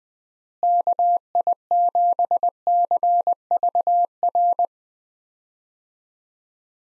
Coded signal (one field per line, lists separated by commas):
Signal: Morse code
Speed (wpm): 21 wpm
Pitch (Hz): 700 Hz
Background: none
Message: KI7CVR